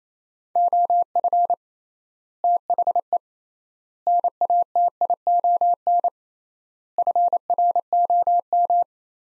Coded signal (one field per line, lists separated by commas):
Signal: Morse code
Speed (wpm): 28 wpm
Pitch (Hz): 700 Hz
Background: none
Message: OF THE NATION FROM